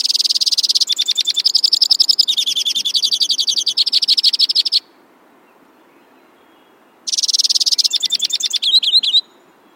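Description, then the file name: White-winged crossbill trilling steadily for almost five seconds with changing pitch, then after a pause a new trill ending in a few warbled notes. "suara kicauan burung white winged crossbill. omkicau"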